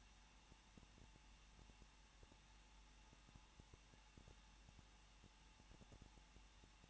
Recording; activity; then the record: daily activity, microphone in the room; no activity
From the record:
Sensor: 1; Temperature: 20.1 degrees Celsius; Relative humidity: 39.1%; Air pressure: 1006.5 hPa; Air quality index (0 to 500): 216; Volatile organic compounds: 72 ppm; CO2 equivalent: 3540 ppm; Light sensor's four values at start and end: 1/2/1/1 and 1/2/1/1